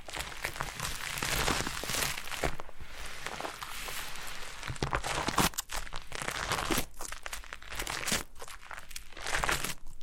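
Foam being massaged gives a continuous crinkling, crumpling rustle that fills the whole ten seconds. The texture is dense and mostly bright, with irregular louder squeezes and brief dips, including a sharp crackle around five and a half seconds.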